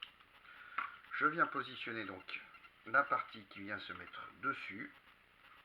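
A modified plastic cargo body module is positioned by hand onto the chassis of a 1/32-scale Siku Control 32 Scania RC truck while someone talks throughout. Two brief handling knocks sound near 0.0 s and 0.8 s. Nothing has clipped or seated yet when the clip ends.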